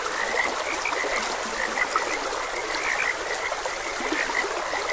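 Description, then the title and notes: Frogs croaking in a dense chorus, short bright notes repeating over a steady wash of flowing water. Frogs croaking beside a gentle stream. "Gentle Stream and Frogs Croaking. Sleep and Relaxation Podcast"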